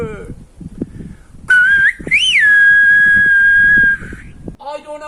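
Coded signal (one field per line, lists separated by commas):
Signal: whistled language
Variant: Silbo Gomero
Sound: a loud whistle rises sharply, falls back, then holds a long steady note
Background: background voices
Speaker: La Gomera boasts another little-known World Heritage feature: Silbo Gomero, a whistled language inherited from the island's aboriginal inhabitants.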